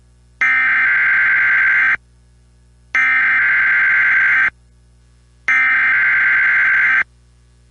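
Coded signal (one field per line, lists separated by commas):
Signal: Emergency Alert System (SAME) tones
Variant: header bursts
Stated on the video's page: Two Winter Storm Warnings relayed by an FM broadcast station.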